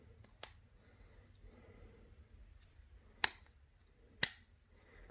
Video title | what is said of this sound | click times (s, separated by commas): How to Fix Broken Window Shade Roller Mechanism. | and it pops right in so now let's fix this thing | 3.2 s, 4.2 s